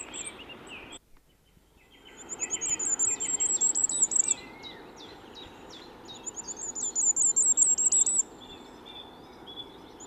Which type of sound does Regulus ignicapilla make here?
song